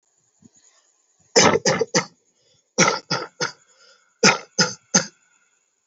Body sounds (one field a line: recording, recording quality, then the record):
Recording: shallow voluntary cough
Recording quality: excellent, no background noise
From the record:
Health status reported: healthy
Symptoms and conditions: none ticked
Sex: male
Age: 21 years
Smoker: not ticked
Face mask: not worn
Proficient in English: yes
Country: India